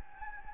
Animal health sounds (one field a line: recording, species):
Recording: mosquito wingbeat signal from an infrared sensor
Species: Anopheles gambiae